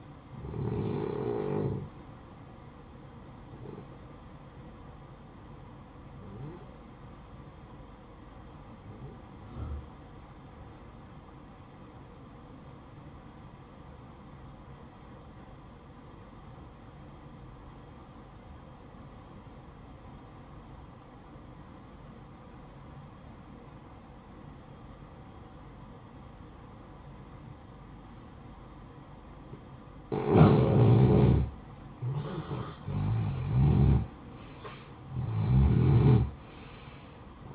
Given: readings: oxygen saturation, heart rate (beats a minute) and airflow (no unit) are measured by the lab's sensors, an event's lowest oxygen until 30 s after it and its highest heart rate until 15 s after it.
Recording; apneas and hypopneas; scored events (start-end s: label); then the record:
breathing in sleep by a smartphone at the bedside; 1
6.00-31.10 s: obstructive apnea (N1, oxygen 96% highest, then 90% lowest, heart rate 62 at the start, 73 highest)
From the record:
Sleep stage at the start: N1 (lightest sleep); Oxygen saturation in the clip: 90 to 96%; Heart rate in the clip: 54 to 69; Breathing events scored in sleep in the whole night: 573 in 9.8 hours asleep